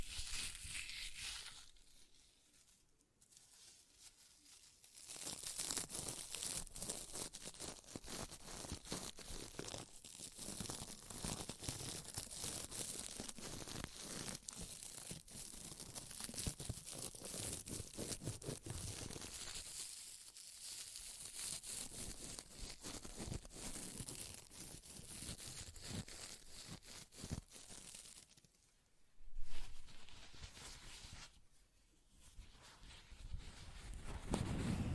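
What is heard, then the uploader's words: Paper rips and tears in long, dense crackling stretches, pausing briefly near 3, 20 and 29 seconds before resuming with sharp bursts. ASMR Paper Ripping Tearing Sounds (No Talking).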